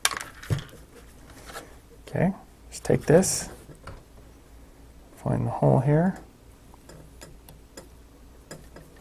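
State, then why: Not seated. After the cross-bolt safety is removed from a Winchester 94 lever-action rifle, a small black filler plug is handled and lined up with the empty safety hole in the metal receiver while someone talks. A sharp tap opens the clip, followed by soft handling ticks and light taps near the end. Nothing has seated or clicked yet.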